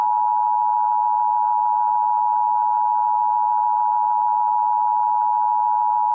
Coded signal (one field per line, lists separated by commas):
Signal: Emergency Alert System (SAME) tones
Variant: 853 and 960 Hz attention tone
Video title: EAS MOCK: Child Abduction Emergency for an Amber alert in Fayetteville, NC (May 24, 2022)